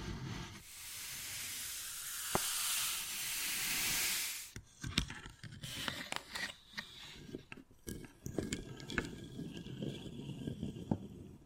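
Wood carving with tapping and scratching: the first four seconds hold a steady rough hiss of scraping, marked by one sharp tap near two seconds. After that come irregular knocks, clicks and short scratches, scattered unevenly, with a few louder taps standing out.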